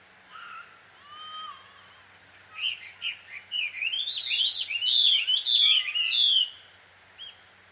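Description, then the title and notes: Bird calls: a few soft whistled notes, then a fast excited burst of bright, rising chirps repeated in quick succession before fading to a single note. Birds quarrelling, described as a married couple's quarrel, at dusk in Takao, Japan. "鳥の夫婦喧嘩 – Birds Quarrel At Dusk. Recorded in Takao Japan"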